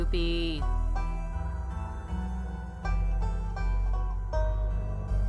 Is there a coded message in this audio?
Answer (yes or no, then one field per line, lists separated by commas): no